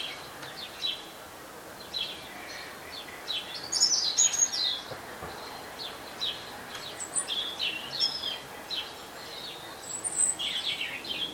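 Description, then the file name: European robin song: rapid high twittering notes and short phrases scattered throughout, with a soft hiss underneath. "Erithacus rubecula"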